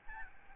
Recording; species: mosquito wingbeat signal from an infrared sensor; Aedes albopictus